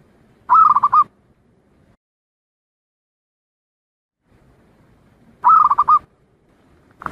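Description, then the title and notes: Zebra dove song: a short rippling phrase of soft coos, then about four seconds of silence, the phrase repeated, and another beginning at the end. Compiled zebra dove song intended for training other birds to learn the song. "Kupulan Burung Perkutut. burung perkutut yang bisa digunakan untuk memaster"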